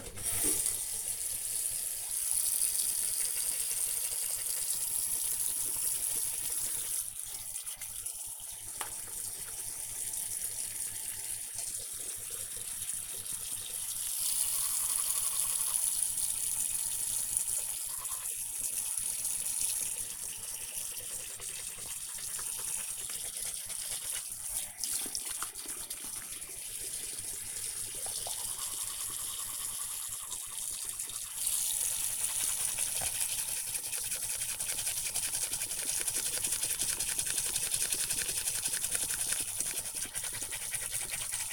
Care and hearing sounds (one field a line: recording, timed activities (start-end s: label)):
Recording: household activities, microphone on the right wrist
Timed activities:
0.00-41.53 s: brushing teeth